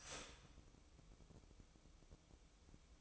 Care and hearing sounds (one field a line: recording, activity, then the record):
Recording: daily activity, microphone in the room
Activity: start toaster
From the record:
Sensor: 1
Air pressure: 1007.2 hPa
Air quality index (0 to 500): 74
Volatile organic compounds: 1 ppm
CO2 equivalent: 657 ppm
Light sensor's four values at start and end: 7/17/7/7 and 7/17/7/7